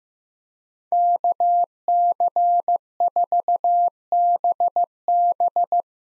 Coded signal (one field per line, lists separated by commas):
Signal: Morse code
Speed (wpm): 15 wpm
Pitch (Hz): 700 Hz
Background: none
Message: KC4BB